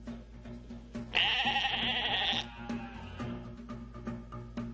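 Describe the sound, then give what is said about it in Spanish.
A sheep lets out one long, wavering, nasal bleat lasting over a second, loud and clear above a soft, steady musical background that continues before and after. “En 1997, el doctor Wilmut anunció en Escocia el nacimiento de una oveja clonada.”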